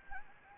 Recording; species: mosquito wingbeat signal from an infrared sensor; Anopheles gambiae